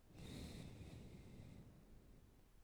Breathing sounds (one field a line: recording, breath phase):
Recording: one breath near a microphone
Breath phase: exhalation